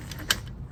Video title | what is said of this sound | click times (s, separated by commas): How To Fold And Unfold A Eurobike G4 Folding Mountain Bike | unfold it, and then when you fold it, that kind of snaps back in automatically like that. | 0.3 s